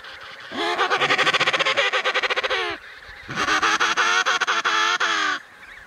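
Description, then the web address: Emperor penguin calls: two long, loud, rapidly pulsed harmonic calls with a throbbing, trumpeting quality, separated by a brief pause. Recorded in Antarctica. "Antarctia Pinguins Keizerpinguins"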